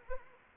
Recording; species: mosquito wingbeat signal from an infrared sensor; Anopheles arabiensis